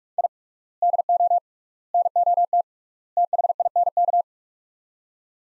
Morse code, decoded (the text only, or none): I DO NOT THINK